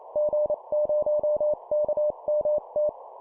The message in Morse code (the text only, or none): G0KMT